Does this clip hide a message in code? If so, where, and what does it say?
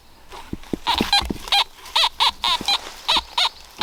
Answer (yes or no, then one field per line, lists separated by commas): no